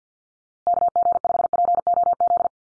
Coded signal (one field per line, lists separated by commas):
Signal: Morse code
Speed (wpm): 50 wpm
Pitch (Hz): 700 Hz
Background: none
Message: KG5POZ